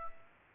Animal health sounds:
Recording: mosquito wingbeat signal from an infrared sensor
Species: Aedes aegypti

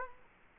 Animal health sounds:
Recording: mosquito wingbeat signal from an infrared sensor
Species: Culex quinquefasciatus

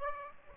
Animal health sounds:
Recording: mosquito wingbeat signal from an infrared sensor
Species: Aedes aegypti

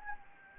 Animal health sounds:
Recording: mosquito wingbeat signal from an infrared sensor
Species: Anopheles gambiae

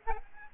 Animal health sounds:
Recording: mosquito wingbeat signal from an infrared sensor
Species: Aedes albopictus

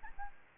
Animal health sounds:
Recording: mosquito wingbeat signal from an infrared sensor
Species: Aedes albopictus

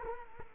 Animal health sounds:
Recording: mosquito wingbeat signal from an infrared sensor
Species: Culex quinquefasciatus

